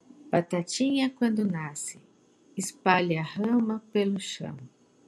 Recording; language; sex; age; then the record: short text; Brazilian Portuguese; female; 50 to 59 years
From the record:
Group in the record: control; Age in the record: 58 years